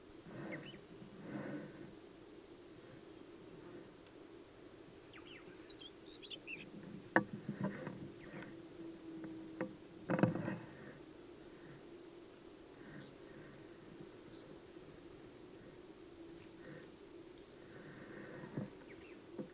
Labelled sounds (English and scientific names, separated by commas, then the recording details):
Eurasian Magpie (Pica pica) call
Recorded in the wild
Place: Chudjirt, MN
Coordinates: 47.013, 102.255
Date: 1979-06-05
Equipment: Nagra III BH, Sennheiser MD 21, parabola
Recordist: Schubert, Michael